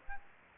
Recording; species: mosquito wingbeat signal from an infrared sensor; Aedes aegypti